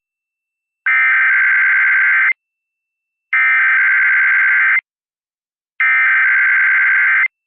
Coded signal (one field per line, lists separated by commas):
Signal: Emergency Alert System (SAME) tones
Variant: header bursts